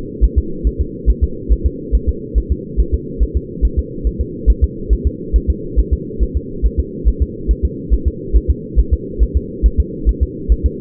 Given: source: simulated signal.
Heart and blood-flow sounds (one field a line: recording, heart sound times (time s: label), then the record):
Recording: fetal heart sounds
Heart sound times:
0.24 s: S1
0.38 s: S2
0.67 s: S1
0.81 s: S2
1.10 s: S1
1.24 s: S2
1.52 s: S1
1.66 s: S2
1.95 s: S1
2.09 s: S2
2.38 s: S1
2.52 s: S2
2.80 s: S1
2.94 s: S2
3.23 s: S1
3.37 s: S2
3.65 s: S1
3.79 s: S2
4.07 s: S1
4.21 s: S2
4.50 s: S1
4.64 s: S2
4.93 s: S1
5.07 s: S2
5.36 s: S1
5.50 s: S2
5.79 s: S1
5.93 s: S2
6.23 s: S1
6.37 s: S2
6.66 s: S1
6.80 s: S2
7.08 s: S1
7.22 s: S2
7.51 s: S1
7.65 s: S2
7.94 s: S1
8.07 s: S2
8.36 s: S1
8.50 s: S2
8.79 s: S1
8.93 s: S2
9.23 s: S1
9.37 s: S2
9.66 s: S1
9.80 s: S2
10.09 s: S1
10.23 s: S2
10.52 s: S1
10.66 s: S2
From the record:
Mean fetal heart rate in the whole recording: 140 bpm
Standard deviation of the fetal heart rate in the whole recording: 2 bpm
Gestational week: 34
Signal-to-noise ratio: -4.3 dB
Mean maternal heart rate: 72 bpm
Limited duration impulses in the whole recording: absent